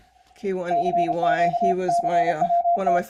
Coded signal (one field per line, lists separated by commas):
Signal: Morse code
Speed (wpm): 33 wpm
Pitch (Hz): 690 Hz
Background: speech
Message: CQ CWT